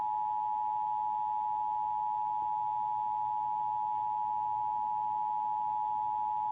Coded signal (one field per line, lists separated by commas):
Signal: Emergency Alert System (SAME) tones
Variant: 853 and 960 Hz attention tone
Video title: EAS (ew its mobizen recorder)